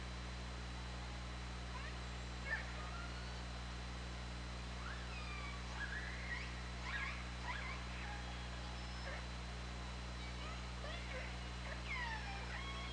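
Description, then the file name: Orca calls: scattered short upswept and downswept squeals, some in quick clusters, over a constant low hum. On an OrcaLab hydrophone, 24 August 2017, at 20:29:41. "Orca Lab UTLN JASON 20170824 202941"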